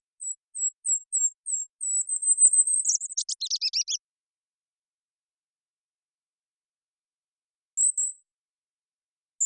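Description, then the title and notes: Golden-crowned kinglet song: a series of very high, thin notes speeding into a rapid stream, then dropping into a lower tumbling chatter, followed by two lone high notes. Recorded on Olympic Peninsula, North America, where resident, in June 2021; boreal forest species; clean-processed with all background sound and noise removed. "I happened to record this little fellow on the Olympic Peninsula"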